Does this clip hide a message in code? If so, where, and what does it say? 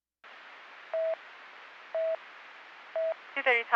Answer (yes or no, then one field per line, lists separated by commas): no